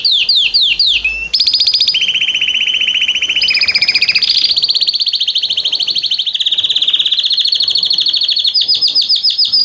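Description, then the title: Canary song opening with repeated downward chirps, then sustained fast trills alternating between high and lower pitches without a break. Male singing a lot; used to warm up a young bird. "Esquente Seu Filhote E Canario Belga Macho Cantando Muito"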